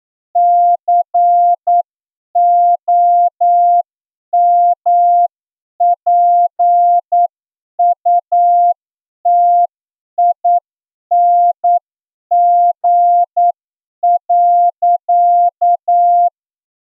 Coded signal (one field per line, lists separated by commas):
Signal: Morse code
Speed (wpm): 9 wpm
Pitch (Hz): 700 Hz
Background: none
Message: COMPUTING.